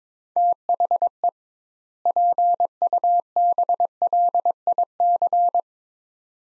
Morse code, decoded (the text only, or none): THE PUBLIC